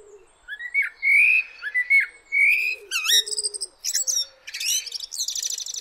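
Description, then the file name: Common blackbird singing mellow, warbled whistled phrases, followed by sharp squeaky notes and high, scratchy twittering at the end. "Turdus merula"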